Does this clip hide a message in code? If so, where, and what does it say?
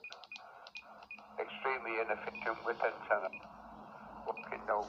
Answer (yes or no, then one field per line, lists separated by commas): no